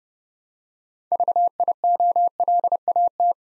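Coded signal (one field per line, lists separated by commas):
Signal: Morse code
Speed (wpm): 30 wpm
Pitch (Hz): 700 Hz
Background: none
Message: VIOLAT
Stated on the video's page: Morse practice drill building 9-letter words three letters at a time at 30 wpm, for instant character recognition.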